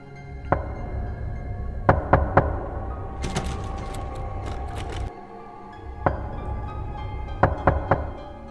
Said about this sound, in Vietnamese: Tiếng gõ ấy vẫn cứ vang lên đều đều trong đêm tối tịch mịch, nghe rõ lắm.